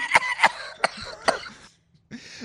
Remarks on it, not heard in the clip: He, as he announced, has COVID. He wasn't necessarily vocally ready to go yesterday. Cough one. That sounds like the six packs a day, right? It kind of sounds like an evil laugh to me.